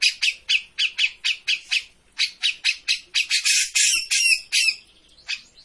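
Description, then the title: Grey-cheeked bulbul with a steady series of scratchy notes, building into denser rasping phrases. Bird-training master of a persistently singing (gacor) bird. "Cucak Jenggot Gacor. Masteran burung cucak jenggot ! Suaka burung"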